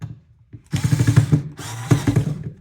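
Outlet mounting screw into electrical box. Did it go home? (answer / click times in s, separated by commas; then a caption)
no / none. A power drill/driver drives a long outlet mounting screw into the threads of a metal electrical box, whirring in two bursts from about 0.7 to 1.5 seconds and again from 1.6 to 2.6 seconds. The screw goes in cross-threaded and has not seated.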